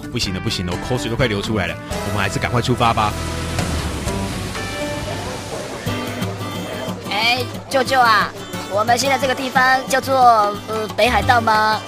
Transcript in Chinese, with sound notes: 不行了，不行了，我口水快流出來了，我們還是趕緊出發吧！
（人聲鼎沸的餐廳） 舅舅，我們現在這個地方就叫做北海道嗎？